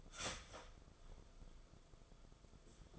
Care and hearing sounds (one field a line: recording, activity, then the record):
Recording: daily activity, microphone in the room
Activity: start toaster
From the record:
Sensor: 5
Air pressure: 994.5 hPa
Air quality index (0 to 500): 186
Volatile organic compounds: 1000 ppm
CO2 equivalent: 5443 ppm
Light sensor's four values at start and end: 43/131/51/56 and 43/132/51/56